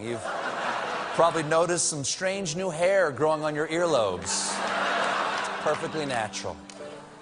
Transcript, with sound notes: You've...
(LAUGHTER)
...Probably noticed some strange new hair growing on your earlobes.
(LAUGHTER)
It's perfectly natural.